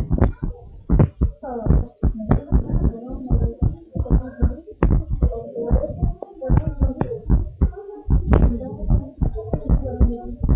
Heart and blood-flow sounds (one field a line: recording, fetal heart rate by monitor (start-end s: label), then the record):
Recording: heart sounds of a pregnant woman by stethoscope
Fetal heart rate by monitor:
no fetal heartbeat
From the record:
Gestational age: 38 weeks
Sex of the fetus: girl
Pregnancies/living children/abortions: 1/0/0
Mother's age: 33 years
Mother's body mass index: 25.8